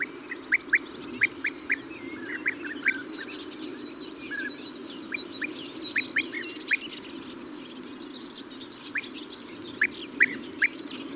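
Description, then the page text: European bee-eater calls, short rolling notes given in loose clusters of two to four, repeated throughout, with fainter high chirps above and a steady low hum beneath. "European Bee-eater (Merops Apiaster). KÜRE Encyclopedia"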